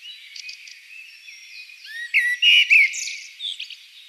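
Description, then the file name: Common blackbird song phrase of fluty notes breaking into a loud squeaky flourish, over faint high twittering. "Turdus merula"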